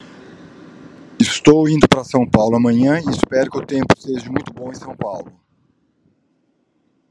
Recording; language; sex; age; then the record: short text; Brazilian Portuguese; male; 60 to 69 years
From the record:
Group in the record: control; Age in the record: 65 years